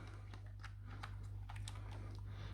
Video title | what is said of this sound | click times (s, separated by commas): HAVA YASTIĞI (Airbag) SARGISI İÇ YAPISI NASILDIR? NASIL ÇALIŞIR? (Eng.Sub.) | Ama oturmadı. | none